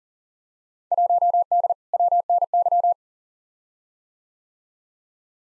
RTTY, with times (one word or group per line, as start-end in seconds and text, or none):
none